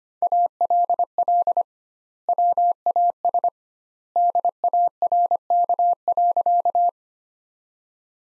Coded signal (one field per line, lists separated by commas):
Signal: Morse code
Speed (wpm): 25 wpm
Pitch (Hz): 700 Hz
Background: none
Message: ALL WAS DARK.